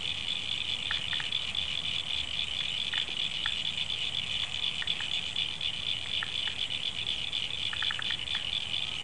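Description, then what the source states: Frog chorus, a continuous high buzzing trill overlaid with sharp clicking notes, some in quick bursts near the end. Frogs calling after rain, February 2011.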